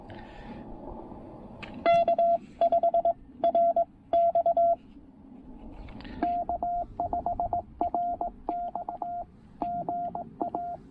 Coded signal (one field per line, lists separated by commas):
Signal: Morse code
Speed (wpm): 19 wpm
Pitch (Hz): 690 Hz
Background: radio noise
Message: K5 R X K5RX GA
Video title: Pairing the Penntek TR-45L and Chelegance MC-750 for a super short POTA activation!